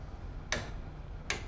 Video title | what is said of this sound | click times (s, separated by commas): Rebuilding a General Pump P4 of 4 | do you hear that click | 0.5 s, 1.3 s